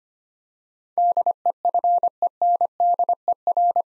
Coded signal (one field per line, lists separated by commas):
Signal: Morse code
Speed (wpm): 25 wpm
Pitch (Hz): 700 Hz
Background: none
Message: DEFENDER